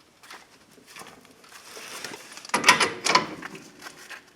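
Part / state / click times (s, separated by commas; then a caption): ball joint into truck control arm / seated / 2.5 s, 2.7 s, 2.8 s, 3.1 s. A new steel ball joint is pressed into the steel control arm of a 2002 Ford Ranger with a ball joint press, pulling it into its bore. Sharp pops are heard at 2.5, 2.7, 2.8 and 3.2 seconds as the joint is drawn in, and it ends up seated.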